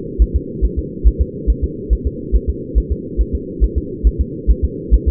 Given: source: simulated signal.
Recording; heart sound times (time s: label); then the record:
fetal heart sounds
0.22 s: S1
0.36 s: S2
0.65 s: S1
0.79 s: S2
1.07 s: S1
1.22 s: S2
1.50 s: S1
1.64 s: S2
1.93 s: S1
2.07 s: S2
2.36 s: S1
2.50 s: S2
2.78 s: S1
2.92 s: S2
3.21 s: S1
3.35 s: S2
3.64 s: S1
3.78 s: S2
4.07 s: S1
4.21 s: S2
4.50 s: S1
4.65 s: S2
4.94 s: S1
5.08 s: S2
From the record:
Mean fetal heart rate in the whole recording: 140 bpm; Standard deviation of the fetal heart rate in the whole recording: 2 bpm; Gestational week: 34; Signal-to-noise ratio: -4.1 dB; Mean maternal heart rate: no maternal heart sound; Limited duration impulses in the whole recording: absent